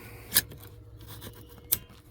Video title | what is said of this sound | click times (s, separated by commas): BUILTRIGHT Ford F-series rear seat release kit install and strap modification | and it snaps in place. | 1.7 s